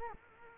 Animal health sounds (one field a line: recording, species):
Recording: mosquito wingbeat signal from an infrared sensor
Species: Culex quinquefasciatus